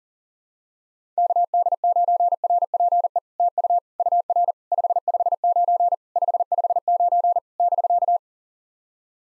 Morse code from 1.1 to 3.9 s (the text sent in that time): KD9RPE TU